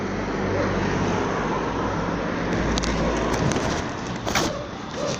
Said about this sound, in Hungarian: Milyen sok autó. Annyira mennek az autók, hogy... Mennek, mert megtehetik.